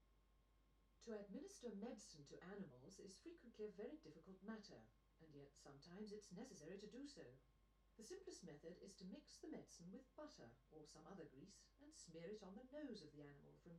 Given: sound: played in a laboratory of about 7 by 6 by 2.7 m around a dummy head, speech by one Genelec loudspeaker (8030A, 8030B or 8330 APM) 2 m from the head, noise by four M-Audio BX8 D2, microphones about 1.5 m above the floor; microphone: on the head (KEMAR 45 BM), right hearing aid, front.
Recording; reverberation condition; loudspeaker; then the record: female speech in English; low; 60 degrees to the left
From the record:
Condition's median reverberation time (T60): about 310 ms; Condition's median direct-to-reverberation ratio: about 3.5 dB